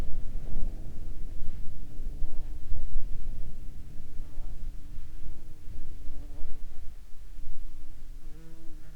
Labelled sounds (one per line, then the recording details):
wind
insects
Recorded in the Prudhoe Bay oil fields, Alaska, on 16 July 2021 at 13:01
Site 11